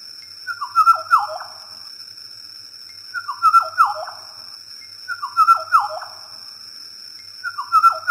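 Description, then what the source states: Oriole song: short fluting whistled phrases dropping in pitch, repeated about every two seconds, with a steady high tone behind. Song, described as very melodious.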